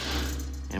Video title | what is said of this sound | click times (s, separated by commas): Installing a 44c Mower Deck Under a Cub Cadet 1211 | we're snapped right in. | 0.8 s